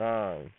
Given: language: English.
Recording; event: throat vibration sensor signal played as sound; speech